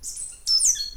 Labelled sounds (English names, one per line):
Stitchbird song